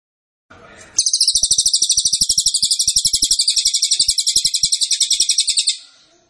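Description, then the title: Cililin song: a brief soft noise, then a sustained high, rapid, rattling trill of pulsed notes lasting nearly five seconds before fading. Training (masteran) recording meant for teaching songbirds. "Cililin AMPUH"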